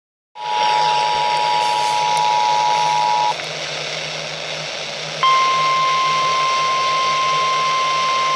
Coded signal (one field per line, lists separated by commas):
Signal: Emergency Alert System (SAME) tones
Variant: 853 and 960 Hz attention tone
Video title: severe thunderstorm warning on AM FM (eas 109)